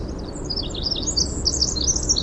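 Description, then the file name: Winter wren song fragment, quick high twittering notes and trills throughout, over steady low background noise. "WIWR song"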